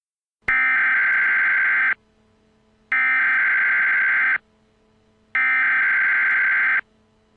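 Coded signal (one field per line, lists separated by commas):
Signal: Emergency Alert System (SAME) tones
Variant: header bursts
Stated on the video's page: Fictional EAS scenario, a simulated alert.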